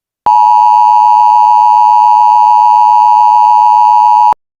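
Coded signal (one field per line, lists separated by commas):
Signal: Emergency Alert System (SAME) tones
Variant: 853 and 960 Hz attention tone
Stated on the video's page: Spoof EAS SAME tones, not a real alert.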